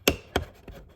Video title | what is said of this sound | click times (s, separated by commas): TOYOTA 4RUNNER TRANSFORMATION • TRD PRO Front Grille + Black Valance Covers • How to/Installation | You Hear The Click you know it cleared you know it's there to do its job | 0.1 s